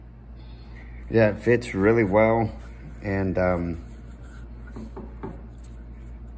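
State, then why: Not seated. Someone talks while a pistol is handled and rubbed against a polymer holster, with a few brief, faint scraping knocks near the end. The pistol has not slid home into the holster yet; nothing has seated or clicked.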